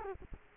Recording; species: mosquito wingbeat signal from an infrared sensor; Culex quinquefasciatus